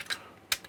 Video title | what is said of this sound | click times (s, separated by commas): The best Lian Li Unifan alternative? Sahara Gaming Mirror 12 120mm Fans (less than half the price) | and lock and that is it | 0.5 s